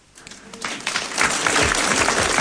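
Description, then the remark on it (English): Audience applause after a speech to the people of Gulworth rises quickly from quiet to a full, steady roar of many hands clapping, dense and continuous with a few scattered cheers mixed in. “clap.”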